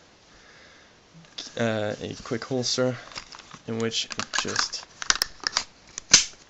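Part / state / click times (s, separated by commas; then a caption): pistol into quick-release holster / seated / 6.1 s. A Tokyo Marui Glock 17 airsoft pistol is pushed into a quick-release polymer holster while someone talks, with a few short sharp knocks around 5.0–5.6 seconds. The retention catch grabs and the pistol clicks into place at 6.1 seconds with a loud, crisp snap, seated in the holster.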